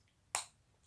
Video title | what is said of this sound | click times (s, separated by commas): Construction d'un (contrefaçon) lego | je leur approche assez bras dessus c'est bien clipser c'est | 0.3 s